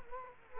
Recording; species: mosquito wingbeat signal from an infrared sensor; Culex quinquefasciatus